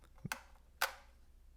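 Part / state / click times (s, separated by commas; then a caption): label tape cartridge into label maker compartment / seated / 0.3 s, 0.8 s. A plastic label tape cartridge is lined up in the compartment of a DYMO LetraTag 200B label maker and pushed down. Two sharp clicks sound at 0.3 s and 0.8 s, with a faint low thump just before the first. The cartridge clicks into place and is seated.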